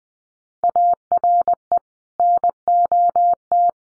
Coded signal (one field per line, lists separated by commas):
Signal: Morse code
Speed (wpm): 20 wpm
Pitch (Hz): 700 Hz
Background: none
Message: ARE NOT